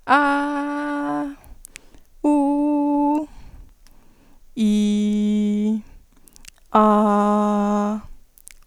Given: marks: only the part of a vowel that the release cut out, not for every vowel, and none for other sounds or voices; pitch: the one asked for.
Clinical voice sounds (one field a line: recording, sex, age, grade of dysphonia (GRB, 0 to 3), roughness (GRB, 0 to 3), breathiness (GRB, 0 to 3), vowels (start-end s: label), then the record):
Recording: sustained vowels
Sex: female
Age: 18 to 19 years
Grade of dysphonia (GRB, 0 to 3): 0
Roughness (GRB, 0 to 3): 0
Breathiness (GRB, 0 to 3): 0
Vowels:
0.21-1.17 s: vowel /a/, high pitch
2.35-3.07 s: vowel /u/, high pitch
4.71-5.64 s: vowel /i/, low pitch
6.92-7.86 s: vowel /a/, low pitch
From the record:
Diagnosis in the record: healthy voice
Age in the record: 19 years